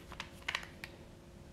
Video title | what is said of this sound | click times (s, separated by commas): NRA Pistol Instructor Training Pre-Course Qualifications | Basically, I want to make sure it clicks into place. | 0.5 s